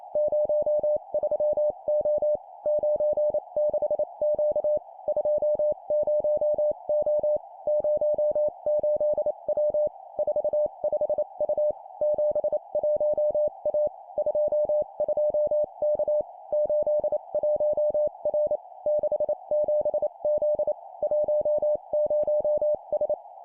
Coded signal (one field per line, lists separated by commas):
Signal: Morse code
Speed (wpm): 28 wpm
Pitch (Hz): 600 Hz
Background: none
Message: 03O 96Q 20O 08W 45U 71A 22K 81R 67Z 10S